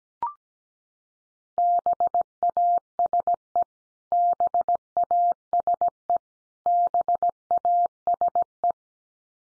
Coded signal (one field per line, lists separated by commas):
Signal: Morse code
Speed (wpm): 17 wpm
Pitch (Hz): 700 Hz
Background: none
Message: BASE BASE BASE